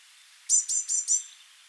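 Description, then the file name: Eurasian blue tit call: four quick, very high clipped notes in a tight series, lasting under a second. "Cyanistes caeruleus"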